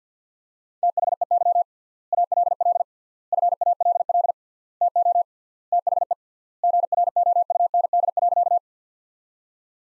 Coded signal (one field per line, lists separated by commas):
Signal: Morse code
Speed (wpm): 50 wpm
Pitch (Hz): 700 Hz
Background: none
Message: THEY ALL FALL TO THE GROUND.